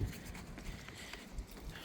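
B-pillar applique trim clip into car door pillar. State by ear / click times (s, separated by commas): not seated / none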